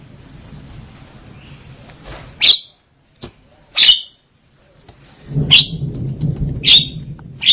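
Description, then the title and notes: Javan myna giving short, sharp, harsh notes, a few spaced a second or more apart, over a low rumbling background noise. "Jalak Kebo. Kicau Burung Jalak"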